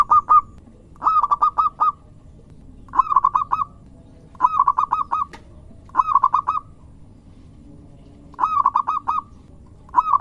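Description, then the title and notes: Zebra dove singing quick staccato coos grouped in brief phrases separated by short pauses. Zebra dove singing vigorously, used as a lure to attract birds. "Pancingan Perkutut Durasi Panjang. Suara Burung Perkutut Gacor"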